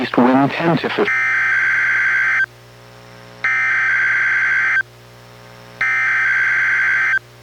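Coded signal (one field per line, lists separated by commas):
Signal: Emergency Alert System (SAME) tones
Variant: header bursts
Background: speech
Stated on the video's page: NOAA Weather Radio required weekly test relayed by a station, recorded from a Reecom R-1630 weather radio through a Zoom H1 recorder.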